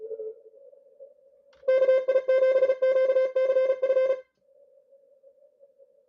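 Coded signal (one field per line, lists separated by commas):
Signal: Morse code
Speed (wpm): 37 wpm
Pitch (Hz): 520 Hz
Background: none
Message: KI7QCF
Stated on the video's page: ARRL International DX Contest CW traffic.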